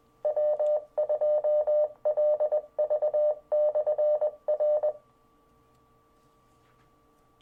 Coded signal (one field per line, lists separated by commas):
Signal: Morse code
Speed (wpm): 21 wpm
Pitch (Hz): 600 Hz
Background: none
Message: W2LV/R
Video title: Sussex County Amateur Radio Club Inc.